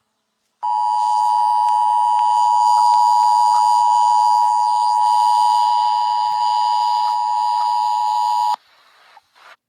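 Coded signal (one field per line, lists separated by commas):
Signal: Emergency Alert System (SAME) tones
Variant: 853 and 960 Hz attention tone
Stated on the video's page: Fan-made EAS scenario, a fictional alert.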